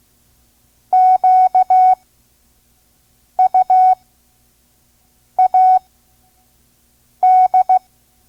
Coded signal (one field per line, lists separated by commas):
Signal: Morse code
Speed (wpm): 16 wpm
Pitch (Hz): 740 Hz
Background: none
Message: QUAD